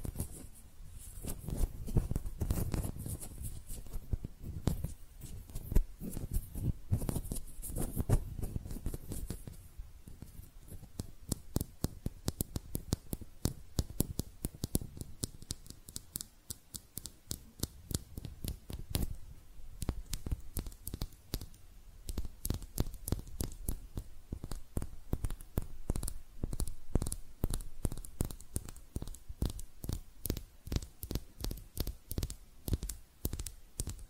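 Hand sounds with no talking: for the first ten seconds, a soft, low rubbing and brushing with a few light ticks. After that come quick, dense taps and scratchy clicks, fast and irregular, with crisp edges and small pauses, lasting to the end.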